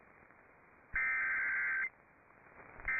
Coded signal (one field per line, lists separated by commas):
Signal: Emergency Alert System (SAME) tones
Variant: header bursts